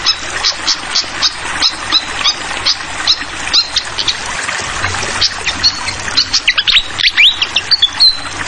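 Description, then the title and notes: Fantail with rapid chipping notes, then a few upslurred whistles near the end, heard against a steady babble of flowing water. Clear-voiced song paired with the sound of trickling water, prepared as a tutoring recording (masteran) for songbirds. "Masteran Sikatan Kipas Suara Jernih Dan Suara Gemericik Air. Suara Burung Sikatan Londo"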